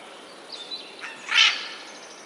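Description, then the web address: Eurasian jay single rasping screech, preceded by faint thin whistled notes. Recorded 11 April 2021; labelled as a warning call. "wroblowe ostrzegator sojka"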